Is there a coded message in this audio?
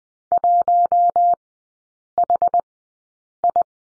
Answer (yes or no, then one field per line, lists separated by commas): yes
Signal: Morse code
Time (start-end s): 0.3-3.6 s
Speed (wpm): 20 wpm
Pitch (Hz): 700 Hz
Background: none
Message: 1HI